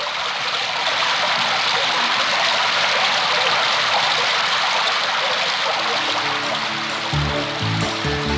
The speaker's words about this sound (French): Plic-ploc, plic-ploc, quand il pleut. Plic-ploc, plic-ploc, quand il pleut. Plic-ploc, plic-ploc, quand il pleut. Plic-ploc, plic-ploc, quand il pleut. Quand il pleut, les gouttes de pluie glissent, glissent sur les parapluies.